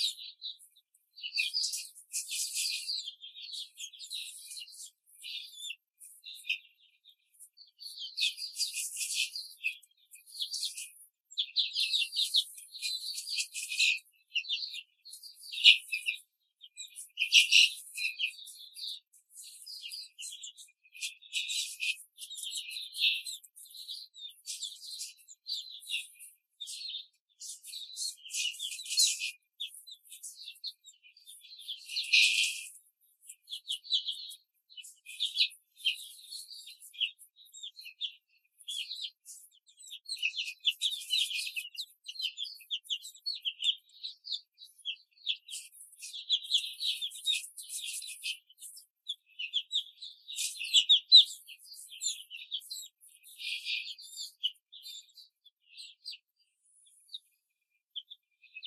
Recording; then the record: young laying hens in a cage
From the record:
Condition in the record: control cage, before the stress test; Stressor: none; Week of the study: 4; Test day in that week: 1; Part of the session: 2